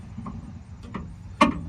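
The spare tire winch on a 2000 Dodge Dakota is cranked to raise the tire to the truck's underbody carrier, giving faint ticks near 0.3 and 1.0 seconds. At 1.4 seconds the winch slip clutch gives a loud, sharp click at its torque limit, showing the tire is up tight and the job is done.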